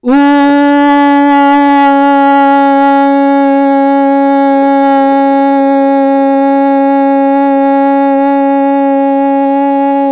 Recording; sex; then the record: sustained vowel /u/; female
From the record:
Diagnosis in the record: Parkinson's disease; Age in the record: 63 years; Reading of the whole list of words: 61 s, 4.6 characters per second